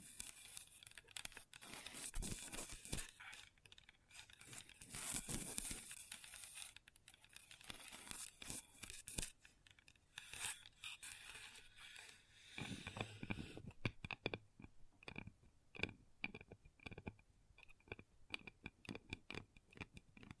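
Long nails scratch and tap on a table in dense, irregular bursts, bright rasping strokes early giving way to sharper, quicker clicks after thirteen seconds.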